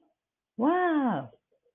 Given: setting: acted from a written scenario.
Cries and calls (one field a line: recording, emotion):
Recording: vocal sound without words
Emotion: positive surprise